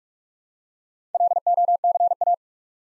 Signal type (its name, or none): Morse code